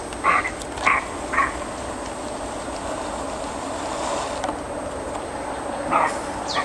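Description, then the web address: Roe deer calls: three short, harsh bursts in quick succession near the start, then a pause and more calls near the end, over a steady background hiss. "Odgłos sarny"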